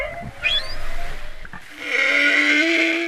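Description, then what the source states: Whale song, a rising upswept whistle, then after a pause long sustained tonal moans with rich harmonics, steady and drawn out. One whale recorded at sea off Réunion; it stayed around and under the boat singing for about an hour and a half the day before; engines cut for the recording.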